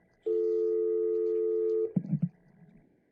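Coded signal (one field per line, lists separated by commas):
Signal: telephone call progress tone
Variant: North America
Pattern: dial tone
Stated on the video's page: Tones from Cisco CUCM Mobile Voice Access direct inward system access.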